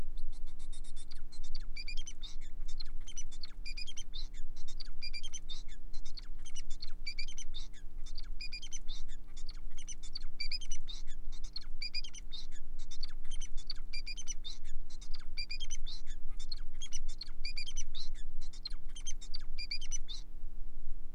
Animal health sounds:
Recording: song of a male Bengalese finch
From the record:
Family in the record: son of father 4

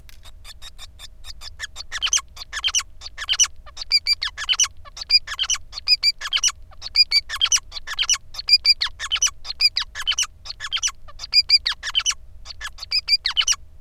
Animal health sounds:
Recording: song of a male Bengalese finch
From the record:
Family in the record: son of father 5

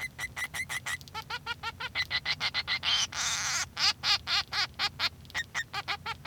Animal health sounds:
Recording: song of a male Bengalese finch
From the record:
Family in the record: son of father 3

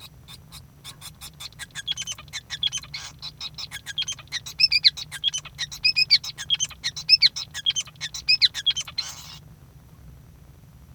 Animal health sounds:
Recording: song of a male Bengalese finch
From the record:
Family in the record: son of father 5

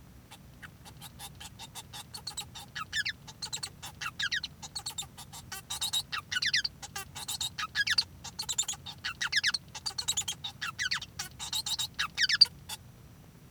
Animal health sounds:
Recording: song of a male Bengalese finch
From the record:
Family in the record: son of father 1

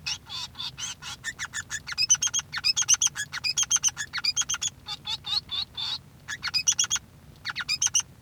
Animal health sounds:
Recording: song of a male Bengalese finch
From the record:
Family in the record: son of father 3

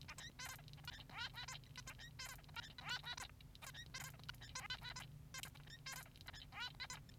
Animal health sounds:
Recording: song of a male Bengalese finch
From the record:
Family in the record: son of father 3

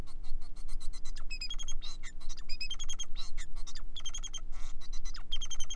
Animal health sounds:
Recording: song of a male Bengalese finch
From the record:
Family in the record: son of father 4

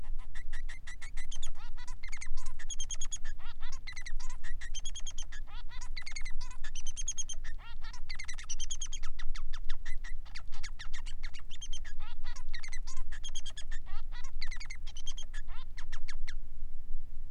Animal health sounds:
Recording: song of a male Bengalese finch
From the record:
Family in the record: son of father 3

